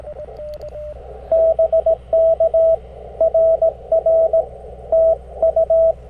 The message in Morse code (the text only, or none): BK RR TU